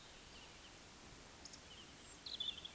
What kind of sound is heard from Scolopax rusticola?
whistle